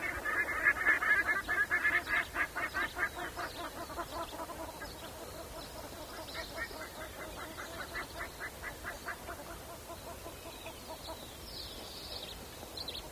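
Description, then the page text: Black-faced Ibis giving a fast run of harsh honking notes that fades after a few seconds, followed by quieter background calling and faint high bird notes. Argentina. "Fotos de aves de Argentina"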